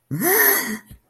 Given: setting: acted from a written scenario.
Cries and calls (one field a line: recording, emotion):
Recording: vocal sound without words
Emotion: fear